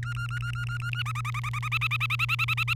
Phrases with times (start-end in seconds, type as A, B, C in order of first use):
0.03-1.02 A, 1.05-2.73 B